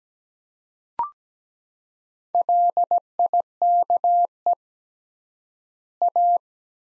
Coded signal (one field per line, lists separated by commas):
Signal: Morse code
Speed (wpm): 17 wpm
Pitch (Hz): 700 Hz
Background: none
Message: LIKE A